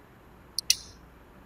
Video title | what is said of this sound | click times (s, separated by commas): Zhiyun Crane 3 LAB Stabilizer Installation and Balance Step by Step Tutorial in Hindi / Urdu | इसको lock कर दिया। | 0.7 s